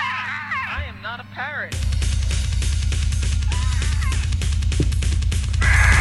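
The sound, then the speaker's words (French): A parrot's shrill, warbling screeches rise and fall for a moment, then loud metal music crashes in with pounding drums and distorted guitars, the bird's cries continuing faintly over the heavy, steady rhythm. “Allez, non, non, non, j'ai un exemple audio. Ah, oui, c'est un mauvais. Avec le perroquet, okay, vas-y.”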